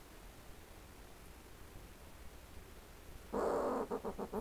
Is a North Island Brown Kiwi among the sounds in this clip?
no